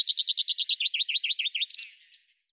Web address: cianscape birddata Deverinetal 2025 Bird Fr Co Fr Co